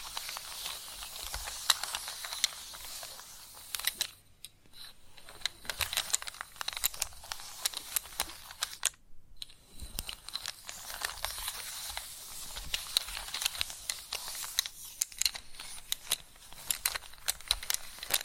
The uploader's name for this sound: Chalk Sounds Tapping, Scratching, Carving